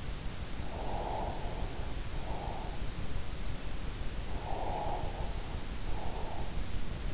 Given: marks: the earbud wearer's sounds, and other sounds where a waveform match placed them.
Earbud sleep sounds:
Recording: sounds in sleep by an in-ear microphone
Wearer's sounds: breath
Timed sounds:
0.91-2.74 s: breath
4.45-6.39 s: breath

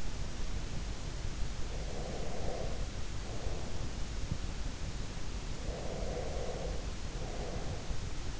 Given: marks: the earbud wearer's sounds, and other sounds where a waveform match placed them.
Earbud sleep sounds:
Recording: sounds in sleep by an in-ear microphone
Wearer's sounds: breath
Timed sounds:
1.64-4.05 s: breath
5.61-8.40 s: breath

